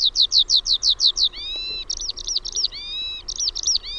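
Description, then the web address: Eurasian skylark song, a run of several quick repeated downslurred high notes, then rapid buzzy warbled phrases with drawn-out whistled elements, all high-pitched and continuous. "OMAT AANITYKSET KIURU"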